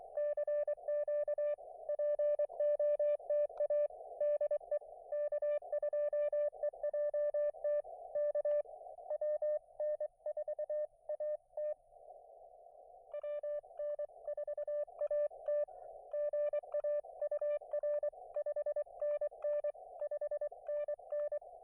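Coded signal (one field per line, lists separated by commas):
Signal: Morse code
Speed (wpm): 24 wpm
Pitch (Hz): 590 Hz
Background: none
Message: CQ POTA DE K2EJT K WN4AT WN4AT GA UR 5NN 5NN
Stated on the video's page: Morse from an unplanned POTA park activation with mediocre band conditions.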